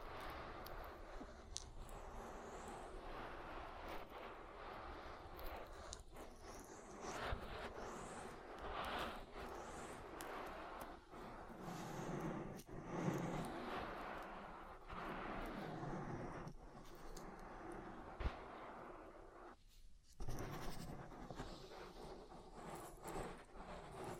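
Oil ear massage, with a dense, steady rubbing and rustling that fills the whole clip. Soft squelching swells and brief crackly strokes come every second or two, with a short pause just before 20 seconds and a low rumble underneath.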